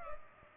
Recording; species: mosquito wingbeat signal from an infrared sensor; Culex pipiens